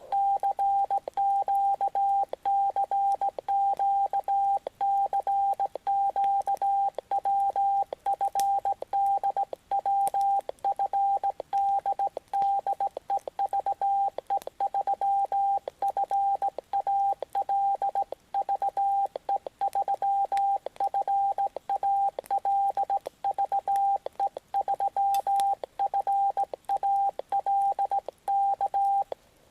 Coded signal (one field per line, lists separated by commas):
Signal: Morse code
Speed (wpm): 17 wpm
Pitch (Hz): 790 Hz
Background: radio noise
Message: CQ CQ CQ WFD WFD DE VE3FAL VE3FAL VE3FAL K